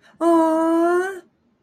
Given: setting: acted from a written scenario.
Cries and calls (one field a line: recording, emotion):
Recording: vocal sound without words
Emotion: adoration